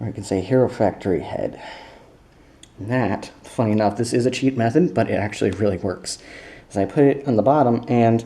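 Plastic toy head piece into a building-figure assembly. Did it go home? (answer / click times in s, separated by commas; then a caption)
no / none. A plastic building-toy head piece is fitted onto the bottom of a building-figure assembly using a "cheat method" while someone talks throughout. Only handling sounds and speech are heard, and nothing has seated or clicked yet.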